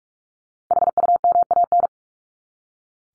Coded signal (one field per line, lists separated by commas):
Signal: Morse code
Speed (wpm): 44 wpm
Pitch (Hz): 700 Hz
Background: none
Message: HUMAN